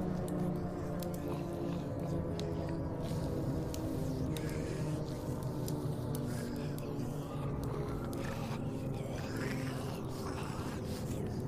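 A dense, unbroken layer of low, guttural zombie moaning and groaning fills the whole stretch at a steady loudness. Wet squishing and scraping bites cut through repeatedly, with sharp clicks scattered throughout and a rougher, tearing patch toward the end.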